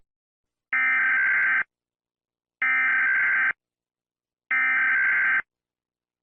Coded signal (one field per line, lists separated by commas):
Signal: Emergency Alert System (SAME) tones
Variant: header bursts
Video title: Don’t act weak eas scenario